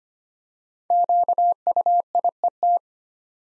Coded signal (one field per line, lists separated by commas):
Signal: Morse code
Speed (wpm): 25 wpm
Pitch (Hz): 700 Hz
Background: none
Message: QUIET